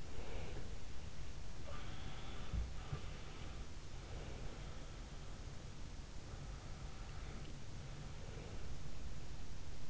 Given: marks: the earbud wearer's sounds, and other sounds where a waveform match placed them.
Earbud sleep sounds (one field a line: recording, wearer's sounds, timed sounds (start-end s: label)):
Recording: sounds in sleep by an in-ear microphone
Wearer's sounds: breath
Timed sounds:
0.00-1.01 s: breath
1.55-3.71 s: sound from someone else or the room
3.89-4.84 s: breath
8.09-8.89 s: breath